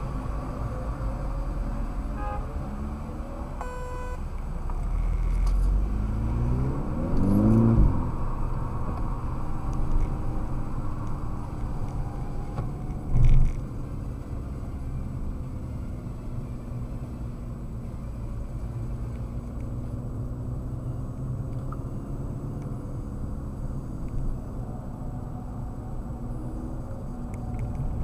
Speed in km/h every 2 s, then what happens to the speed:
9, 0, 8, 24, 30, 29, 28, 25, 23, 24, 27, 26, 24, 24.
0-3 slows to 0. 3-7 pulls away to 30. 16-28 steady at about 24.